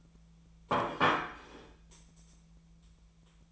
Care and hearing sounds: daily activity, microphone in the room; place plate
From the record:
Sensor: 1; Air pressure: 1009.4 hPa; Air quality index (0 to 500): 195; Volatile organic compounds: 20 ppm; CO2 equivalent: 2674 ppm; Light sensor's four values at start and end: 30/75/31/38 and 30/75/31/38

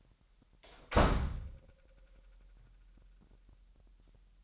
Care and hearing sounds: daily activity, microphone in the room; close door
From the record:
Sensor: 3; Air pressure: 998.3 hPa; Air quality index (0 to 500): 143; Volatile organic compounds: 5 ppm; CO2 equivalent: 1716 ppm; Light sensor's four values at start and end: 16/45/18/17 and 16/45/18/17

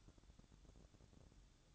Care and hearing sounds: daily activity, microphone in the room; light off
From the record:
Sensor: 3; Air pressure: 1007.9 hPa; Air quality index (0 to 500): 97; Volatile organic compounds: 1 ppm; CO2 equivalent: 816 ppm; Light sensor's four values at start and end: 10/23/9/9 and 10/23/9/9

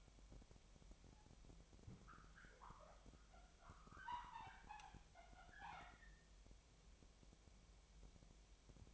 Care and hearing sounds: daily activity, microphone in the room; wipe stove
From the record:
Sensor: 1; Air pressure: 1007.1 hPa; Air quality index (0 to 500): 203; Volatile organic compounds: 22 ppm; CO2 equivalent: 2743 ppm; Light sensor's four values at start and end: 13/32/13/14 and 13/32/13/14

